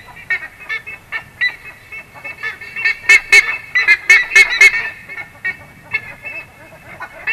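Buff-necked ibis honking loudly and repeatedly, about four harsh metallic notes per second, building to a noisy burst in the middle and continuing steadily.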